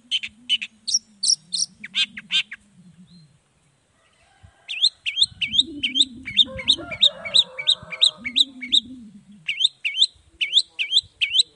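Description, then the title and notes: Long-tailed shrike song: bursts of sharp, high chirping notes in rapid repeated series, with a brief pause, over a low rumbling hum and a faint mid-pitched warbling sound. Morning song with a 'toet toet' variation, played to provoke other long-tailed shrikes into responding. "Cendet Gacor Dor Di Kala Pagi Toet Toet Variasi Suara. Burung cendet"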